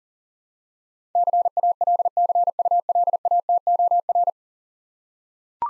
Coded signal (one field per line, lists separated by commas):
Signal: Morse code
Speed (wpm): 42 wpm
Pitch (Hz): 700 Hz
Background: none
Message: CALCULATOR